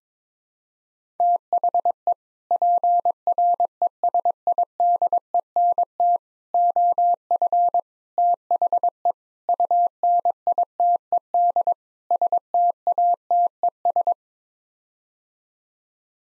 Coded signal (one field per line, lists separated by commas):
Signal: Morse code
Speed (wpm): 22 wpm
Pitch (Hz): 700 Hz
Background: none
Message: THE PRESIDENT OF THE UNITED STATES